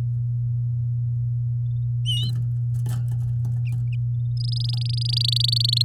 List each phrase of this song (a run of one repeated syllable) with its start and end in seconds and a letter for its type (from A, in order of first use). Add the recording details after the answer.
4.37-5.83 A. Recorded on 9 May 2018 at 06:47. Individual llb16